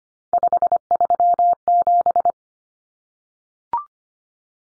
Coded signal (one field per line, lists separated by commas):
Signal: Morse code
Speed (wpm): 25 wpm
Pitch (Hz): 700 Hz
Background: none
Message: 537